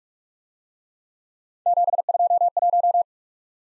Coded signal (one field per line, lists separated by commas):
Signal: Morse code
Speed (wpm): 44 wpm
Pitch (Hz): 700 Hz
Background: none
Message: 721